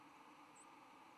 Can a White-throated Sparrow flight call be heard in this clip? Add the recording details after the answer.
no. Another species' flight call is heard. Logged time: 06:53 on 10 November 2014